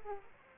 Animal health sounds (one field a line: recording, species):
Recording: mosquito wingbeat signal from an infrared sensor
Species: Aedes aegypti